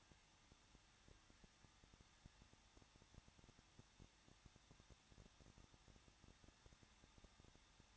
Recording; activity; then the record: daily activity, microphone in the room; no activity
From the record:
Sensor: 3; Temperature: 21.2 degrees Celsius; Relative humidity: 36.3%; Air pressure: 1006.3 hPa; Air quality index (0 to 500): 222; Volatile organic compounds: 41 ppm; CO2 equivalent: 3161 ppm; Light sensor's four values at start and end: 2/3/2/2 and 2/3/2/2